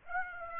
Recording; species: mosquito wingbeat signal from an infrared sensor; Aedes aegypti